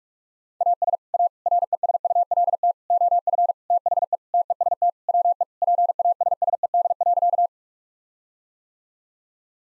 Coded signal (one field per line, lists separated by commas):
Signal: Morse code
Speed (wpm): 41 wpm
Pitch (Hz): 700 Hz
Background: none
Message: AS A RESULT OF THE TEST WE PASSED.